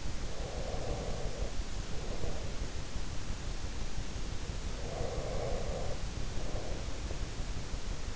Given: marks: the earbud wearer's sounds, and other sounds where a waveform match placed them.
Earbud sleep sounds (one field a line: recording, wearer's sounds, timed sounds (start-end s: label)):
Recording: sounds in sleep by an in-ear microphone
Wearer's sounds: breath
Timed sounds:
0.00-3.06 s: breath
4.38-7.29 s: breath